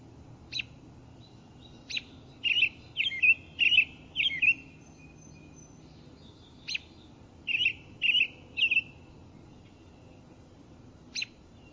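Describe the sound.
American robin song in two bursts of short, whistled, lilting phrases, interspersed with sharp high notes, pausing between bursts; faint steady hum behind.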